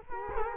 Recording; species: mosquito wingbeat signal from an infrared sensor; Culex quinquefasciatus